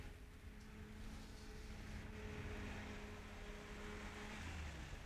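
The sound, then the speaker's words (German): A car's steady engine drone with a low, even hum and broad rushing noise, holding at a fairly constant level throughout, with no voices. “Hörst du? Auto?”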